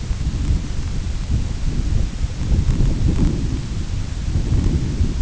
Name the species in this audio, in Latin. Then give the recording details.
none. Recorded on Arctic tundra, site IGLO-A, on 22 June 2018. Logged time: 17:59